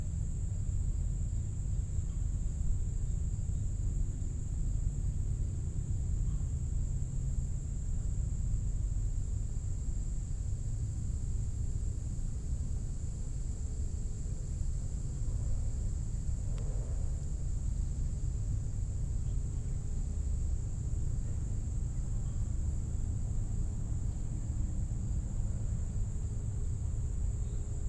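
Outdoor ambience at the Gibraltar Bay Unit of the Detroit River International Wildlife Refuge: a steady low rumble like vehicle traffic runs throughout, under a constant thin high-pitched whine. A brief soft sound surfaces around sixteen seconds; otherwise the level stays even.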